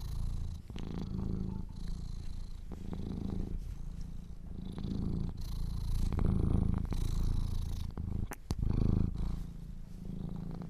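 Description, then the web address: Domestic cat purring, a low vibrating rumble rising and falling with each breath, several brief clicks and rustles throughout. Kittens purring. "sleepandrelaxasmr - The Purring Kittens"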